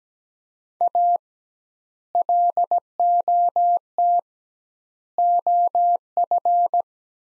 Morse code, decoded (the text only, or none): A LOT OF